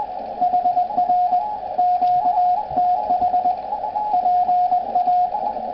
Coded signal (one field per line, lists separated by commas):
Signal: Morse code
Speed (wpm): 20 wpm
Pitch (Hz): 720 Hz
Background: radio noise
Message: HR QTH PA